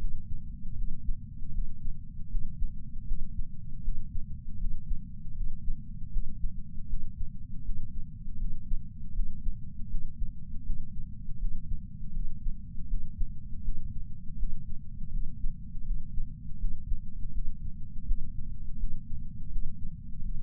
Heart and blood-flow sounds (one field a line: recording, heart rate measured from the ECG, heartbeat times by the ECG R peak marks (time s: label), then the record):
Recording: heart sounds by patch sensor on the chest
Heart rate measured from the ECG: 80 bpm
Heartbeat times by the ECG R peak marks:
0.75 s: heartbeat
1.51 s: heartbeat
2.28 s: heartbeat
3.05 s: heartbeat
3.82 s: heartbeat
4.58 s: heartbeat
5.34 s: heartbeat
6.10 s: heartbeat
6.87 s: heartbeat
7.63 s: heartbeat
8.37 s: heartbeat
9.12 s: heartbeat
9.88 s: heartbeat
10.63 s: heartbeat
11.38 s: heartbeat
12.12 s: heartbeat
12.87 s: heartbeat
13.62 s: heartbeat
14.36 s: heartbeat
15.10 s: heartbeat
15.83 s: heartbeat
16.58 s: heartbeat
17.32 s: heartbeat
18.05 s: heartbeat
18.77 s: heartbeat
19.49 s: heartbeat
20.21 s: heartbeat
From the record:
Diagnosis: coronary artery disease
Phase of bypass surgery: postoperative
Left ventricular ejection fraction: 62.1%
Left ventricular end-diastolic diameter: 45 mm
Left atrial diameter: 35 mm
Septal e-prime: 9.8 cm/s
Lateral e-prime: 10.5 cm/s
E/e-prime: 7.1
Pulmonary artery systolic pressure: 25 mmHg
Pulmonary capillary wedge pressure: 8 mmHg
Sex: male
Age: 58 years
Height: 172 cm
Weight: 75 kg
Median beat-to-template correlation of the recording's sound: 0.93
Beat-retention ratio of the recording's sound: 0.99